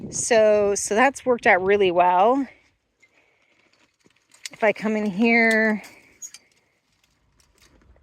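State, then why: Seated. Someone talks, then steps into a chicken run and closes the door, and small sounds follow as the door moves. At 6.3 s the small metal gravity latch on the run door drops down with a short click and locks in place.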